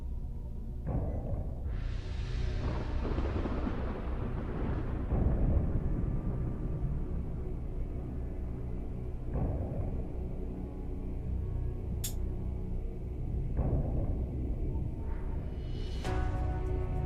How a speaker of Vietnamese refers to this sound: Đúng lúc ấy thì đùng một tiếng, đạo thần lôi thứ nhất bổ xuống, làm cho rung chuyển cả một góc chủ điện.